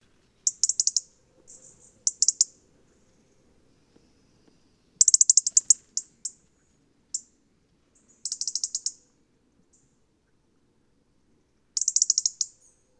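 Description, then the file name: European robin producing repeated clusters of fast, thin, clicking ticks at irregular intervals, some clusters longer and denser than others, in otherwise quiet surroundings. "Erithacus rubecula"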